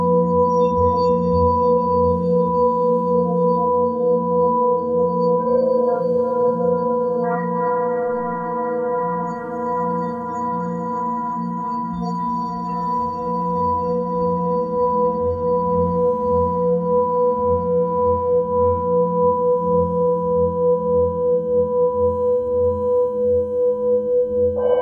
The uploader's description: The resonant tones of the singing bowls create a meditative atmosphere